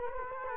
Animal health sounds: mosquito wingbeat signal from an infrared sensor; Culex quinquefasciatus

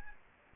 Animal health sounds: mosquito wingbeat signal from an infrared sensor; Aedes albopictus

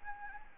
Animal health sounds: mosquito wingbeat signal from an infrared sensor; Anopheles gambiae

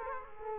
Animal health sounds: mosquito wingbeat signal from an infrared sensor; Culex quinquefasciatus

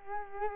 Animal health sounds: mosquito wingbeat signal from an infrared sensor; Culex quinquefasciatus

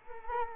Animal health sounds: mosquito wingbeat signal from an infrared sensor; Culex quinquefasciatus

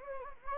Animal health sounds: mosquito wingbeat signal from an infrared sensor; Anopheles gambiae

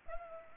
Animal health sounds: mosquito wingbeat signal from an infrared sensor; Culex pipiens

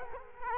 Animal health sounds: mosquito wingbeat signal from an infrared sensor; Culex quinquefasciatus

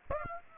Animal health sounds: mosquito wingbeat signal from an infrared sensor; Aedes aegypti

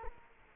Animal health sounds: mosquito wingbeat signal from an infrared sensor; Culex quinquefasciatus

